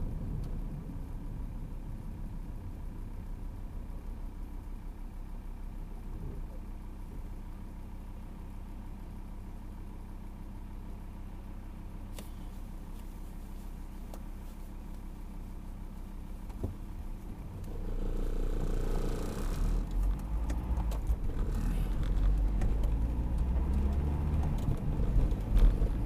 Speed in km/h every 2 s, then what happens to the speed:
17, 10, 0, 0, 0, 0, 0, 0, 0, 0, 14, 21, 28.
0-4 brakes to 0. 4-18 standing. 18-26 pulls away to 28.